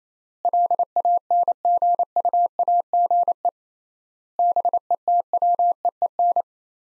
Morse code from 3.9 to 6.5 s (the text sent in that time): BETWEEN